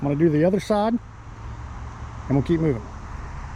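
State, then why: Not seated. Someone talks while getting ready to connect the second end of the spreader bar, a pole run through a fabric sleeve, into its connector at the marked red spot on an ENO Skylite bridge hammock. A steady low hum runs underneath the voice. Nothing has snapped into place yet.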